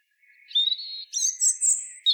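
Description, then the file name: European robin giving a high, silvery song phrase of sustained whistled notes, followed by several higher thin notes. "Erithacus rubecula"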